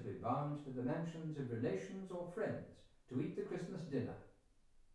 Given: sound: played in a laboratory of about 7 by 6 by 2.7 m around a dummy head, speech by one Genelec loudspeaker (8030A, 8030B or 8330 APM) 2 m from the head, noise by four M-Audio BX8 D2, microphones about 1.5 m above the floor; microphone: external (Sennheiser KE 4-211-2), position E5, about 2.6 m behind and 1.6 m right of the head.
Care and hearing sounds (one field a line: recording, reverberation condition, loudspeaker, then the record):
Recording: male speech in English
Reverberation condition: medium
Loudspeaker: 90 degrees to the right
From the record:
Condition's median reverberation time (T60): about 510 ms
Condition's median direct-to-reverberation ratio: about -0.5 dB